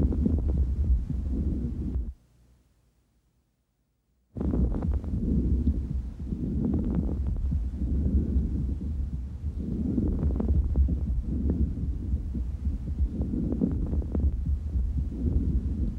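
Fine crackles heard over an adult's lungs through a stethoscope.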